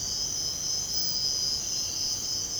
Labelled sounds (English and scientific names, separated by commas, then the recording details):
none
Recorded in secondary vegetation near Puerto Asís, Putumayo, Colombia, on 21 March 2025 at 05:30
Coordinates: 0.485, -76.322
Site G040